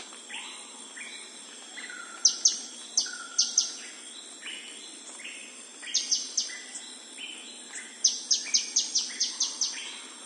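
Blue-naped sunbird giving thin, piercing chip notes in short clusters, ending in a rapid series of about eight, with constant high insect buzzing and faint lower bird whistles behind.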